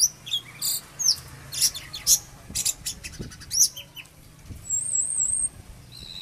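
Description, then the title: Oriental magpie-robin song: varied high chirps and sweeping notes in quick irregular bursts, with a thin high warbling trill near the end. "Kicau Kacer"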